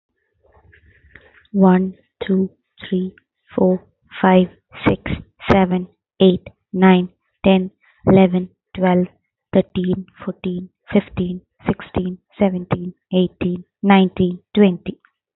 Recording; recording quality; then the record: counting at a normal pace; excellent, no background noise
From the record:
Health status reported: healthy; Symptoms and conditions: none ticked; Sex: female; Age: 29 years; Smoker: not ticked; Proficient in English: yes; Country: India